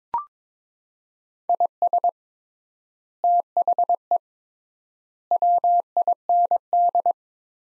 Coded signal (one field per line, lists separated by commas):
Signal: Morse code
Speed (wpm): 22 wpm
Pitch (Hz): 700 Hz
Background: none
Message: IS THE WIND